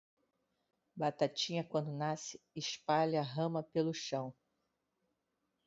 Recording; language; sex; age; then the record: short text; Brazilian Portuguese; female; 50 to 59 years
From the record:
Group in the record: control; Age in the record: 57 years